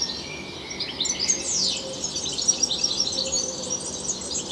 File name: Carduelis carduelis